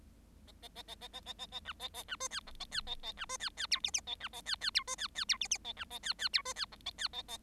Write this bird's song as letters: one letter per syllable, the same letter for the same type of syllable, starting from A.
A A A A A A A A A B A A B C D E A D A A B C D D F G G A B A D D F C D D F G G A B A D D F C D E A D A A